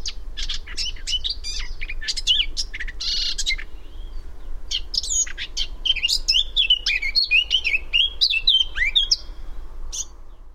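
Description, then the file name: Eurasian blackcap warbling, a fast chattering jumble of scratchy and clear whistled notes continuing for about ten seconds, with a faint low background hum. "Sylvia atricapilla"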